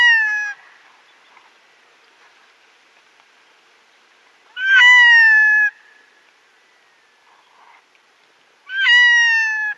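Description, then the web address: Red-throated diver in display, three plaintive, slightly falling wails about four seconds apart, the first and last cut off, with near silence between. "Schulze Peter Red-throated Diver display"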